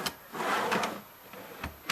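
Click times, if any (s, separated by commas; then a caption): 1.9 s. The third drawer of a cabinet is pressed onto its push-open drawer slides, with a short knock at the start and a broad sliding rush as it rides along the runners. A brief tap follows at about 1.6 s, then a sharp click at 1.9 s as the drawer locks and seats on the slides.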